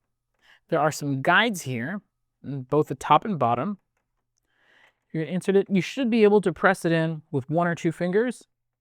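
Someone talks while handling a black-slot expander ink cartridge, guiding it along its top and bottom guides toward the ink bay of a Sawgrass SG500/SG1000 printer, to be pressed in with one or two fingers. A faint short tick sounds at about 4.4 s between phrases, but nothing has seated or clicked into place yet.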